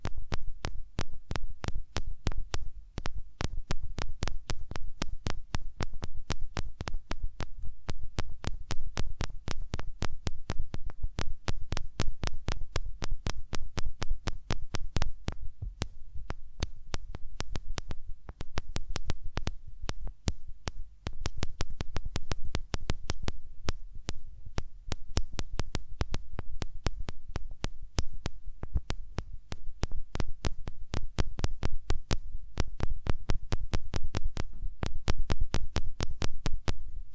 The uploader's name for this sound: Rubbing Your Ears in My Hands Sensitive, Close Up Triggers (No Talking)